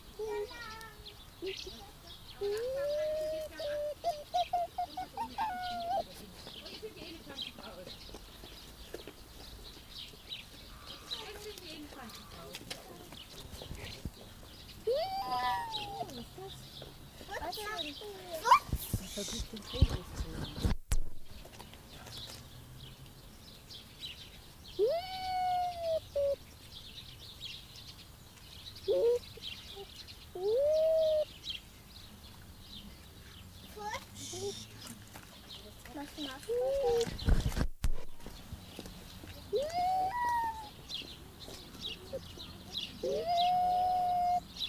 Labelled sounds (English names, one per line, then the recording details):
Raccoon Dog call
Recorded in captivity
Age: adult
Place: Zoo Halle, Sachsen-Anhalt, DE
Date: 2001-04-09 17:00
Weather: fair, ca. 15°C
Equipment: Nagra SN, Kopie Uher 4000 Report Monitor
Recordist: Tembrock, Günter
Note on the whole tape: Einzelnes Exemplar: Langlaute, Lautfolgen (liegt - steht auf - liegt - geht in den Innenraum nach hinten). Entfernung ca. 1,5 m